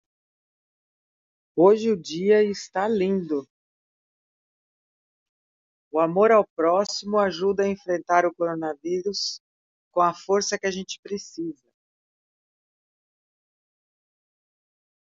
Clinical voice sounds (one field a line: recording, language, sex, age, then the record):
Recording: spoken sentence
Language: Brazilian Portuguese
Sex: female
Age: 50 to 59 years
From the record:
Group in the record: control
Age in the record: 53 years